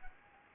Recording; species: mosquito wingbeat signal from an infrared sensor; Anopheles arabiensis